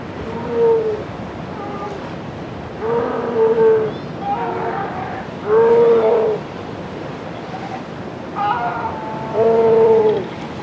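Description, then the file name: Sea lions calling: short, harmonic, wavering bleats and moans, coming in bursts every one to three seconds over a steady background hiss. Calling on rocks beside the Pacific Ocean, Chile. "animals sea lions calls rock pacific ocean chile"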